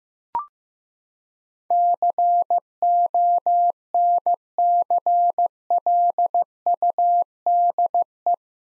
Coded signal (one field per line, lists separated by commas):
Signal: Morse code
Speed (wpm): 15 wpm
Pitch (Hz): 700 Hz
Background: none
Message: CONCLUDE